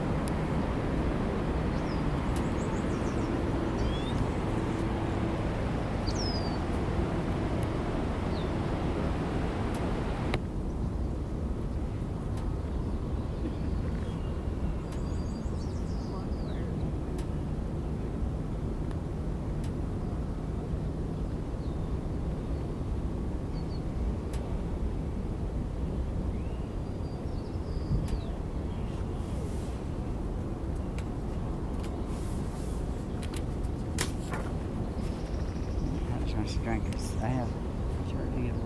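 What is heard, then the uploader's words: A collage of sounds from Oregon, built on a steady, dense low rumble like passing vehicles or an aircraft drone that holds the whole way through. Near ten seconds the upper sounds drop away and the mix turns duller, with scattered clicks and brief bright chirps. Collage of sounds from Oregon.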